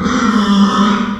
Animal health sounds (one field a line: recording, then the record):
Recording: squeal of a Yucatan mini pig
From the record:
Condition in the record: after surgery on the right vocal fold (resection and tissue-engineered implant)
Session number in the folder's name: 15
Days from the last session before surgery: 175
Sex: female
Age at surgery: 19 weeks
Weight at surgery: 25 kg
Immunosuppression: prednisolone